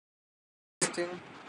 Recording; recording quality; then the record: shallow breathing; poor, much background noise or distortion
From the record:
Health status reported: healthy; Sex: male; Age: 26 years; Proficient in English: yes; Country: India